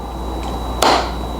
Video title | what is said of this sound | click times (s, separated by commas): Revealing the Hidden Movements Inside Vintage SWISS Watches! #vintagewatch #swisswatch | and very lightly very carefully and you'll hear the snap | 0.8 s